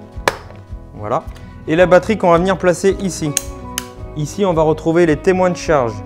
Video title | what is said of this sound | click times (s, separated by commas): TEST ✅ Spit - Cloueur plaquiste PULSA 800p+ | avec un petit clic voilà | 0.3 s